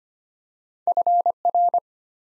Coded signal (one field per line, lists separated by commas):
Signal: Morse code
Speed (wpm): 25 wpm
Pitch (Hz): 700 Hz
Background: none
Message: FR